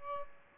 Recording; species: mosquito wingbeat signal from an infrared sensor; Aedes albopictus